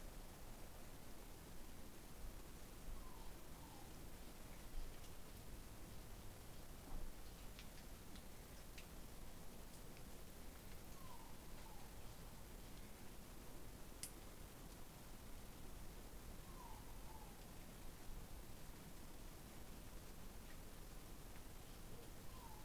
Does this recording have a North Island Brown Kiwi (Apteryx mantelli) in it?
no